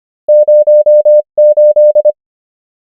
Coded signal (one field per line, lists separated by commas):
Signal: Morse code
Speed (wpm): 25 wpm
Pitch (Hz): 600 Hz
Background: none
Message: 0 8